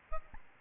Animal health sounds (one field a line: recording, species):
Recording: mosquito wingbeat signal from an infrared sensor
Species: Aedes albopictus